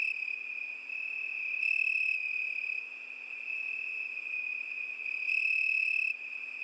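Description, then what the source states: Cricket chorus holding a continuous high buzzy trill that swells louder twice, with thin upper overtones coming and going. Crickets at night.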